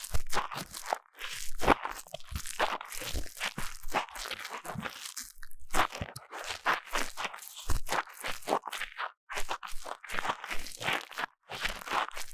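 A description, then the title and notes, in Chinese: Intense deep ear cleaning made of dense, crunchy scratching and crackling that comes in quick, irregular bursts, several per second. The rustling is bright and gritty, with brief near-silent gaps around six and eleven seconds before the rubbing resumes. 強烈的耳朵深層清理 | 耳掃除 | Deep Ear Cleaning | NoTalking。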